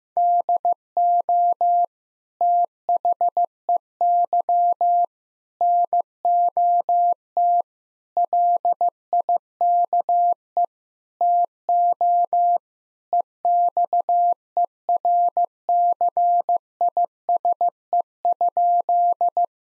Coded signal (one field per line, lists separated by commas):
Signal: Morse code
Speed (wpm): 15 wpm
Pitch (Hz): 700 Hz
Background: none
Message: DO THEY NOT LIKE TO EXERCISE?